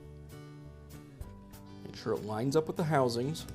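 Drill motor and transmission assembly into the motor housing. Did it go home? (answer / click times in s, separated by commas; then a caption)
no / none. A DeWALT hammer drill's motor and transmission assembly is being positioned and lined up with its plastic motor housing during a motor replacement. Music plays throughout, a couple of faint ticks come near 1.9 s, and then someone talks. Nothing has seated or clicked yet; the assembly is only being aligned before it is snapped home.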